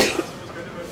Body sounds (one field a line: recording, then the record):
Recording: coughing mixed with background sound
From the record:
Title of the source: 61 morning phlegmy cough...again